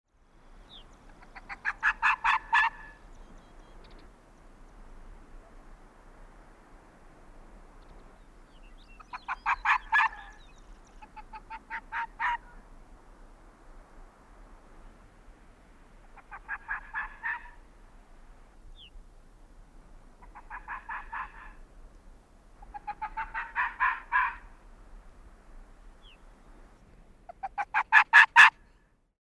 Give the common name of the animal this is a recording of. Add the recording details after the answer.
Arctic Fox. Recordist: Frommolt, Karl-Heinz. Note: Kreischen und Wechselbellen von zwei Tieren